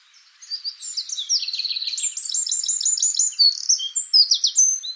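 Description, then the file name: Eurasian wren song: a fast, high-pitched outpouring of sharp notes and rattling trills, each phrase rapidly repeated, running without pause for over four seconds. "Troglodytes troglodytes"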